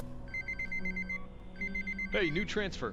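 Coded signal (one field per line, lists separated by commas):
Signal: none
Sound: a game's phone ringing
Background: speech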